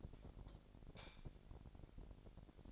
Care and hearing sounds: daily activity, microphone in the room; light off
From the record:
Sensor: 5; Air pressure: 1012.0 hPa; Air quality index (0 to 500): 248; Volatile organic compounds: 4 ppm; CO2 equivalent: 1686 ppm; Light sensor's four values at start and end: 40/95/39/42 and 39/90/38/40

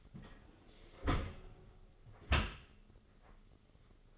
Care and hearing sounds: daily activity, microphone in the room; close dishwasher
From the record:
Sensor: 4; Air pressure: 996.6 hPa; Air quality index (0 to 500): 87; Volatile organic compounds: 4 ppm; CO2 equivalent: 1689 ppm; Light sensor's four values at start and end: 19/51/20/22 and 19/53/20/22

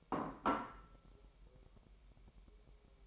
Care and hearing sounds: daily activity, microphone in the room; place plate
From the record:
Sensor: 1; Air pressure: 1002.0 hPa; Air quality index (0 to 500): 244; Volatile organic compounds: 49 ppm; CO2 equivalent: 3279 ppm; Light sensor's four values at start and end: 8/28/10/11 and 8/28/10/11

